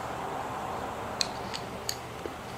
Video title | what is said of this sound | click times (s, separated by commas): Attention BMW, MERCEDES, AUDI, VW, PORSCHE Owner, Never Buy New Windshield Wipers | okay it will take a little bit of time okay and everything clicked in place | 1.2 s